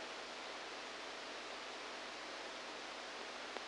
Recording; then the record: brain microelectrode recording played as sound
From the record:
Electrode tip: outside the subthalamic nucleus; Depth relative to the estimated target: -4 mm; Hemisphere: left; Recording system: NeuroSet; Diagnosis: Parkinson's disease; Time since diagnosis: 10 years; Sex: male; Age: 63 years